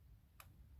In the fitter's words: There we go, we got a little clicker.